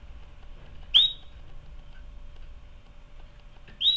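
Canary giving two sharp, rising whistled call notes about three seconds apart, with a faint steady hum underneath.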